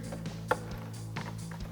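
A plastic one-piece push clip is put back through a painted trim piece and pushed in at the top, into the body of a 2015-2020 F-150 during a Raxiom CXR Series LED headlight install. A sharp, short snap at 0.5 s stands out over steady low humming and a few softer taps and knocks. The push clip is pressed home and seated in the trim.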